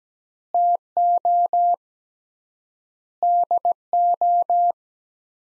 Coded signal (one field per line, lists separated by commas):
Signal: Morse code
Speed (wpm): 17 wpm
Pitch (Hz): 700 Hz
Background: none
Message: TO DO